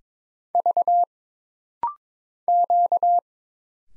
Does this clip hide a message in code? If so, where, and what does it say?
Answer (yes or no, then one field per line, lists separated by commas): yes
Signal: Morse code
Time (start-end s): 0.6-3.2 s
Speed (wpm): 22 wpm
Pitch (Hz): 700 Hz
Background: none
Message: V Q